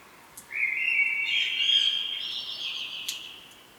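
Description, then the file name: Common blackbird giving a single drawn-out fluty phrase that swells then fades slowly, with faint higher twittering above and a quiet background. "Turdus merula"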